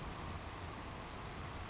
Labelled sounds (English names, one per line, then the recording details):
Savannah Sparrow
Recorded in Sonoma County, California